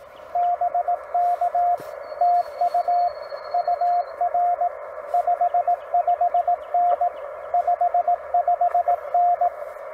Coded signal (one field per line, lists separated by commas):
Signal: Morse code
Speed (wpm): 17 wpm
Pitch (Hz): 700 Hz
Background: radio noise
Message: BK TU UR 55N 55N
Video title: Eclipse 2024 We do a CW POTA